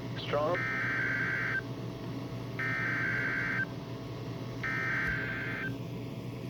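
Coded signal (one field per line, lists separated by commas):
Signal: Emergency Alert System (SAME) tones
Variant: header bursts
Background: speech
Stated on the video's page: EAS tones from weather radio, a severe thunderstorm warning.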